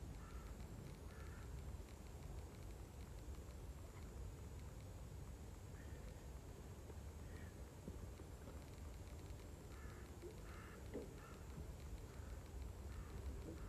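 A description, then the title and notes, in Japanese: Rice is being harvested with a binder, its engine holding a steady, dense low drone for the whole stretch. Crows caw over it several times, near the start, around six to seven seconds, and again between ten and eleven seconds. バインダーで稲刈り、ハザ掛け。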